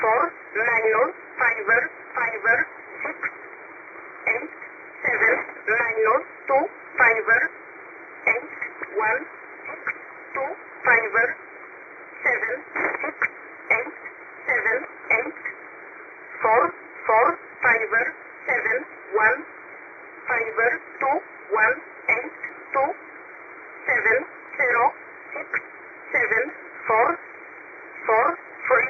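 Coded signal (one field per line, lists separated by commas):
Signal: numbers station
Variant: E11 Oblique, English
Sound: a voice reading short, evenly spaced numbers and letters over a radio channel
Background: radio static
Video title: 12153kHz USB Polish Number Station E11 calling 300 (May 15, 2026)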